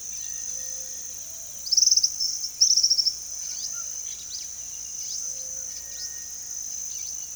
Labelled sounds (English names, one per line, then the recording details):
Undulated Tinamou
Tropical Kingbird
Palm Tanager
White-throated Toucan
Cinereous Tinamou
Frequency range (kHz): Undulated Tinamou 1.2-2.4 kHz; Palm Tanager 1.5-9.4 kHz; White-throated Toucan 0.9-2.0 kHz; Cinereous Tinamou 1.1-2.4 kHz
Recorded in pastures near Puerto Asís, Putumayo, Colombia, on 18 February 2024 at 07:30
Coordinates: 0.466, -76.323
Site G6384